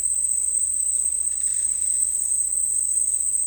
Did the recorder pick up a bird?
no